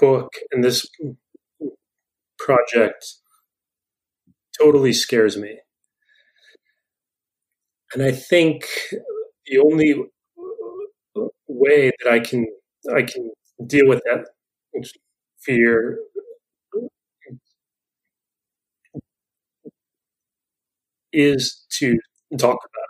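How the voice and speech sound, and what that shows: An adult man who stutters speaks in short bursts broken by long silent blocks, one lasting about five seconds, with stretched sounds on words like "think", "fear" and "is", during a conversational interview. This pattern of blocks and prolongations is stuttering.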